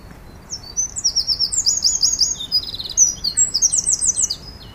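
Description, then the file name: Eurasian wren singing a loud, high, rapid song of fast trills and sharp twittering notes, tumbling on for about four seconds with barely a pause. "Troglodytes troglodytes"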